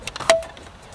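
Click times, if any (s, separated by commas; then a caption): 0.3 s. A second round plastic Turbo Air AC vent with ambient light is set into the dashboard vent opening of a 2018–2021 Jeep JL/JT at about the 11 o'clock position and rotated. A faint tick at 0.1 s is followed by a sharp, ringing pop at 0.3 s as the vent seats in place.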